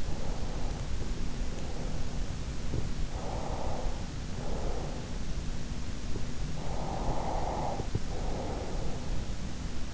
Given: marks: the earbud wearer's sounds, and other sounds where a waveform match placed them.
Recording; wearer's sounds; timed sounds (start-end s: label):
sounds in sleep by an in-ear microphone; breath
0.00-2.19 s: breath
3.08-5.11 s: breath
6.79-9.10 s: breath